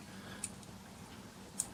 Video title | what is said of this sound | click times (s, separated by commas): Review of the ieGeek 720P Outdoor IP Camera | so I just put that back in just clicks into place | 1.6 s